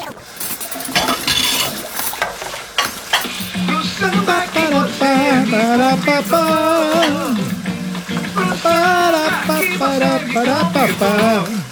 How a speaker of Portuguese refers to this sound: Isso também é alguém lavando louça.